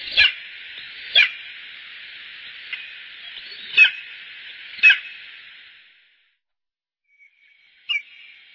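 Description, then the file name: Bonelli's eagle giving several sharp yelping calls, then a pause and one more note, over hiss that drops out during the pause. "aigle de bonelli"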